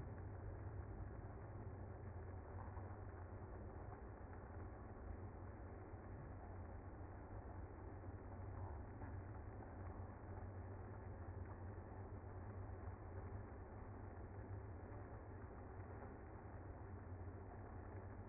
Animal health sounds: honeybee colony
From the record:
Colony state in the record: active

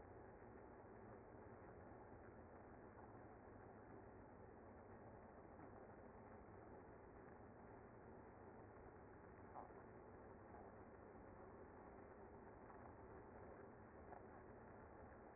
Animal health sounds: honeybee colony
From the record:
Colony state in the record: active

